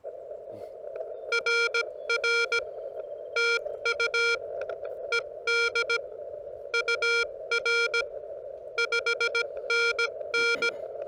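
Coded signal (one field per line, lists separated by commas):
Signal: Morse code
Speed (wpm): 17 wpm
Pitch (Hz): 1400 Hz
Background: none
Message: RR TU ED UR 5NN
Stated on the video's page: CW pile-up during a park activation, Elecraft KX2 with homebrew vertical whip and four radials, Bamatech TP III key, battery powered.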